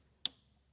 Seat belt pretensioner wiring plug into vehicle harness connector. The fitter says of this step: make sure it clicks in and make sure it's nice and tight and firm